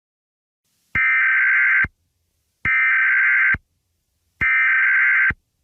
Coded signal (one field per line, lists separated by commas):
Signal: Emergency Alert System (SAME) tones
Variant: header bursts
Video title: EAS Scenario #8: Total Blackout